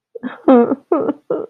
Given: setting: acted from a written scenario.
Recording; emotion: vocal sound without words; sadness